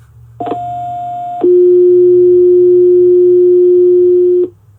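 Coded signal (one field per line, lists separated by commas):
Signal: two-tone page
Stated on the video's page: Paging tones sent from a RediTALK-Flex radio dispatch console: manual, group, stack and all-call pages, with alert tone.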